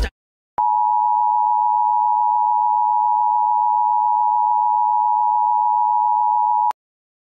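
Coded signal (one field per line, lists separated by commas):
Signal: Emergency Alert System (SAME) tones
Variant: 853 and 960 Hz attention tone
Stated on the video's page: Fictional, simulated EAS scenario of a terror attack on London; not real.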